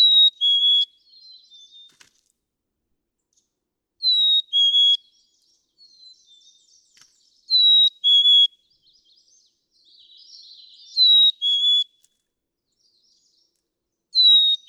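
Black-capped chickadee sings clear descending two-note whistles, repeated every three to four seconds, with soft twittering calls in the gaps.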